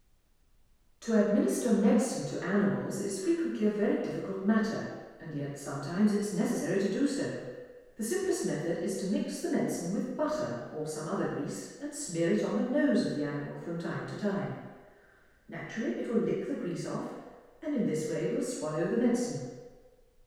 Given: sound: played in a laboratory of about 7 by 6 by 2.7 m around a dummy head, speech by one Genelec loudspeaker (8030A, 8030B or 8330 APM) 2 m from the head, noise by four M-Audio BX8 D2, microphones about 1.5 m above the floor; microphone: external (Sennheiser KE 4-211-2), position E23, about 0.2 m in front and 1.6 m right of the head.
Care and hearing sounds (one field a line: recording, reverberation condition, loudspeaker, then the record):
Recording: female speech in English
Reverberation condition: high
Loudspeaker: 90 degrees to the left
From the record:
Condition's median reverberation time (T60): about 1300 ms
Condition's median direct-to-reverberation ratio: about -4.0 dB